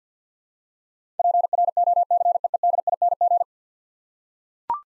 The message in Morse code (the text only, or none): PROCEEDING